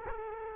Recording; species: mosquito wingbeat signal from an infrared sensor; Culex quinquefasciatus